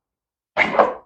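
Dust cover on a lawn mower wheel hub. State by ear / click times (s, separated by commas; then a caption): not seated / none. A dust cover is being handled on the wheel hub of an AWD Husqvarna lawn mower, producing a short burst of knocking and shuffling that starts around 0.6 s and peaks with a sharper knock at 0.8 s before fading out. Nothing has seated or clicked into place yet.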